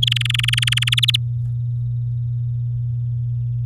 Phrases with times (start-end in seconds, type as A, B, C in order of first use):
0.02-1.00 A, 1.02-1.16 B